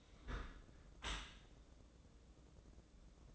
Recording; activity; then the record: daily activity, microphone in the room; close dishwasher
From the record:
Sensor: 3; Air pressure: 1012.3 hPa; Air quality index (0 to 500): 159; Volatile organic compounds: 2 ppm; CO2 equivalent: 1221 ppm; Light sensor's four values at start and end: 490/1203/496/490 and 502/1234/509/504